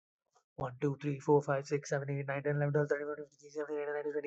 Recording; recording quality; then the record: counting at a fast pace; excellent, no background noise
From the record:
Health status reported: COVID-19 positive, mild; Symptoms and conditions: cough, cold, sore throat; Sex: male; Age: 22 years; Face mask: not worn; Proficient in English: yes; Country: India